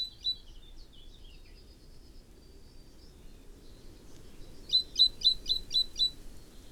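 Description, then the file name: Great tit: soft twittering and thin notes early, then a run of sharp, high repeated notes. "Parus major"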